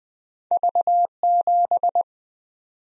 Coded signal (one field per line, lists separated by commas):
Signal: Morse code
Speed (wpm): 20 wpm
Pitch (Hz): 700 Hz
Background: none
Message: V7